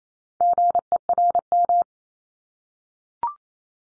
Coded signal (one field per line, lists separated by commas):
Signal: Morse code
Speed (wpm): 28 wpm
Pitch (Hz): 700 Hz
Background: none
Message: GERM